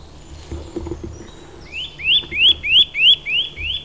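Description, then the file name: Eurasian nuthatch calling: after a quiet start with faint rustles, a run of six rising whistled notes repeated roughly three times per second. "Sitta europaea"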